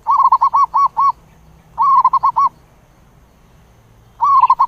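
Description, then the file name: Zebra dove cooing: three bursts of quick, rolling, clear notes separated by pauses, the last cut short. "tieng cu van co tieng gu"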